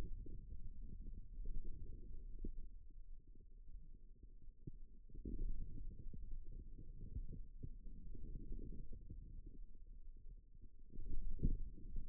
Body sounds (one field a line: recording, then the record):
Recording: forearm muscle sounds (acoustic myography)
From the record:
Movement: wrist flexion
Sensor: system 2, bracelet of six BSWA MPA416 microphones around the upper forearm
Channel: 1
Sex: male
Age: 22 years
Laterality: right